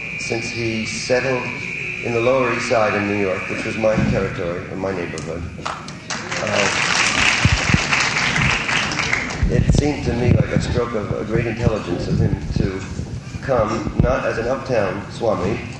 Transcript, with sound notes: since he settled in the Lower East Side in New York, which was my territory and my neighborhood... [applause] It seemed to me like a stroke of great intelligence of him to come not as an uptown swami,